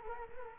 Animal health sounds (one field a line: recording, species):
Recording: mosquito wingbeat signal from an infrared sensor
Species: Culex quinquefasciatus